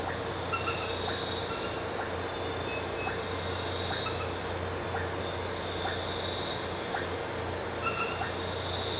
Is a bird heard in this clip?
no